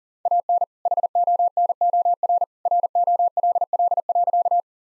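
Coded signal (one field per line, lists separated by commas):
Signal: Morse code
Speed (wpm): 40 wpm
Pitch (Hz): 700 Hz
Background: none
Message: AN HONOR ROLL.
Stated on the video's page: Morse code practice at 40 wpm, jokes with contextual priming.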